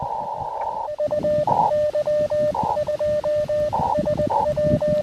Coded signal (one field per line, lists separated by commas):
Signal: Morse code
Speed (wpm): 20 wpm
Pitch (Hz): 600 Hz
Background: radio noise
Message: U Y2SW